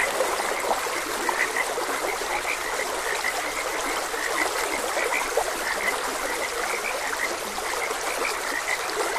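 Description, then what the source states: Many frogs croaking together in quick, overlapping high notes, heard over a constant flowing stream. Frogs croaking beside a gentle stream.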